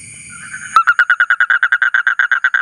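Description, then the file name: Asian common toad bursts into a quick train of short buzzy pulses after a brief low rumble, repeating evenly. "suara kodok bangkong kolong kodok buduk"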